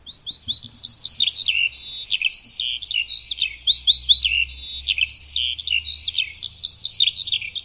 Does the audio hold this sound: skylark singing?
yes